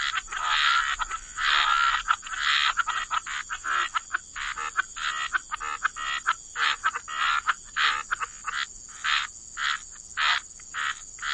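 Frog chorus of croaking bursts, loud and clustered at first, then spaced into separate pulses, with a constant high-pitched hiss behind.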